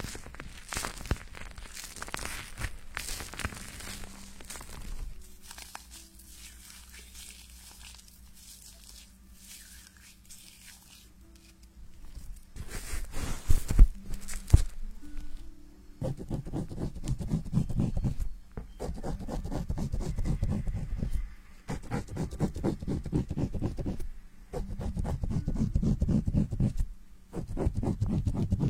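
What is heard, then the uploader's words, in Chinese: Foamy scratching on a lathered scalp during a hair wash, crackling and squishing in dense bursts. After a quiet middle stretch with only a low steady hum, a loud flurry hits around 14 seconds, then firm, regular strokes repeat steadily to the end. 洗头发 纯泡沫挠头音。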